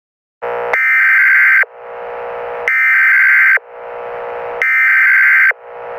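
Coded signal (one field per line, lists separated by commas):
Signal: Emergency Alert System (SAME) tones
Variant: header bursts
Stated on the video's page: Fictional mini EAS scenario set on Memorial Day.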